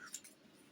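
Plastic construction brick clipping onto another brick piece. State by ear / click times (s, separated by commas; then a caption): seated / 0.1 s. A vintage plastic LEGO brick piece from a flea-market lot is clipped onto another brick piece. A single short, sharp snap is heard at 0.2 s, and the piece seats in place.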